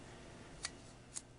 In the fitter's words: you'll hear an audible click otherwise the blade will swing back out again